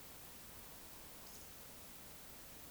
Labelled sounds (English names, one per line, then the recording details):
Eurasian Woodcock whistle
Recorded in Baden-Württemberg, Germany, on 20 May 2021 at 20:01 UTC
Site 24606, 635 m above sea level